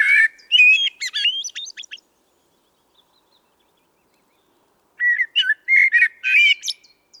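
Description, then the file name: Common blackbird song with two phrases, each a mellow whistled opening followed by squeaky twittering, separated by about three seconds of silence. "Turdus merula"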